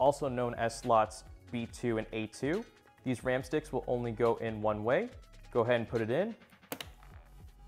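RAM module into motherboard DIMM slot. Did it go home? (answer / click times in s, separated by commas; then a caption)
yes / 6.7 s, 6.8 s. A RAM stick is pushed down into its motherboard DIMM slot, slots B2 and A2, while someone talks over background music. It goes in only one way. Sharp clicks at 6.7 s and 6.8 s mark the slot latching closed and the memory seating.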